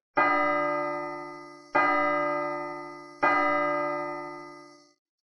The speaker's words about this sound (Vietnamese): Ba tiếng dội chuông vang lên, một hồi sóng chấn động kỳ dị lập tức truyền ra khắp bên trong sơn mạch.